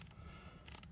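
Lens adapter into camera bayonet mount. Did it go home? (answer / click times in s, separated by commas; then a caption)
yes / 0.8 s. A lens adapter is pressed into a camera's bayonet mount and turned counterclockwise, with a quiet low rumble of handling before two short sharp clicks close together at about 0.8 s. The adapter locks and is seated in the mount.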